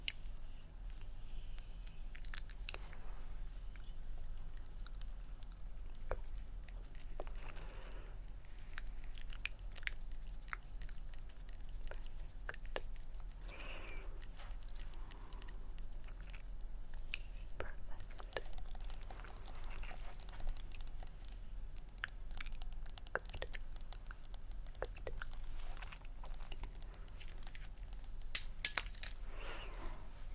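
Layered scratching, tapping and clicky mouth sounds run for the whole stretch, with dense, rapid ticks and crisp taps scattered irregularly throughout. Brief soft brushing swells surface now and then, near 8, 14 and 29 seconds, over a steady low hum.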